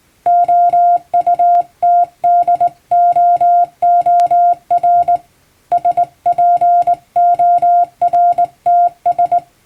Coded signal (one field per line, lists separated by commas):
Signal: Morse code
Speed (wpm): 19 wpm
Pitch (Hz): 700 Hz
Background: music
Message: OUTDOOR SPORTS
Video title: 毎日聴いてモールストレーニング！アマチュア無線ハムの受信練習用に綺麗な手打ちで平文の欧文モールス信号を叩いてみました。YouTubeの再生速度を調整して聴こう(morse code learning)